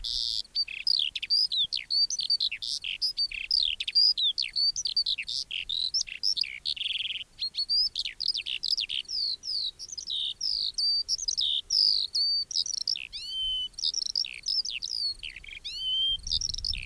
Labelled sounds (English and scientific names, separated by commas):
Eurasian Skylark (Alauda arvensis) song